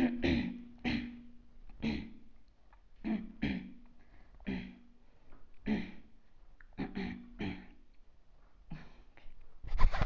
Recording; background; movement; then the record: throat clearing; quiet; sitting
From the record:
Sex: female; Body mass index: 22.6 kg/m2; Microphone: on the chest, facing outward